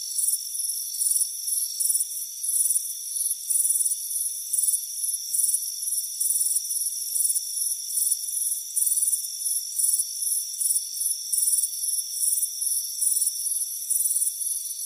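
Crickets give rapid, shrill pulsed chirps, repeated roughly every half second to second, above a steady high ringing drone.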